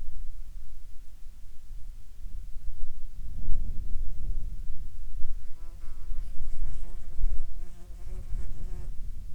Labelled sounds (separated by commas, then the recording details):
wind, insects
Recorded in the Prudhoe Bay oil fields, Alaska, on 7 July 2019 at 21:10
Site 13